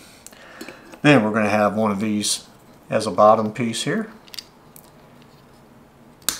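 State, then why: Seated. A bottom piece is pressed onto the body of a vintage spincast fishing reel while someone talks, with a few faint ticks and clicks of handling along the way. It seats with a sharp, loud snap at 6.3 seconds.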